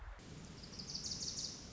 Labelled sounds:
Wilson's Warbler
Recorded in Sonoma County, California

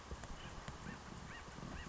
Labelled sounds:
Acorn Woodpecker
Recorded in Sonoma County, California

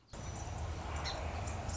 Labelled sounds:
Song Sparrow
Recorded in Sonoma County, California

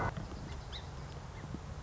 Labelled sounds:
Song Sparrow
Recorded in Sonoma County, California

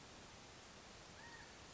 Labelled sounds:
California Quail
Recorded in Sonoma County, California

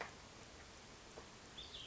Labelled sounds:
Cassin's Vireo
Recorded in Sonoma County, California

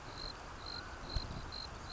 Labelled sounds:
Mountain Quail
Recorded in Sonoma County, California

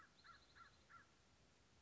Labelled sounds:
American Crow
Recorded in Sonoma County, California

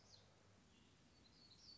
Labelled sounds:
Black-throated Gray Warbler
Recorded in Sonoma County, California

